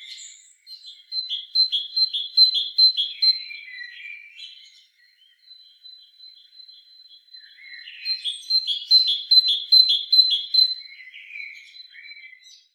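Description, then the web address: Great tit calling in quick series of bright, repeated notes, with a thin steady high tone between two loud bursts and lower buzzy notes trailing each series. "SETE data Parus major"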